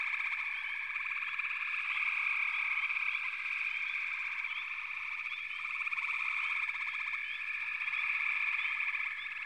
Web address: The Natural Sounds of the Wilderness 10 CDs collection Echoes of Nature - Sampler 08 Frog Chorus